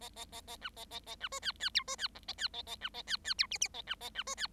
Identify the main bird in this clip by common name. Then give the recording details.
Bengalese Finch. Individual Bird7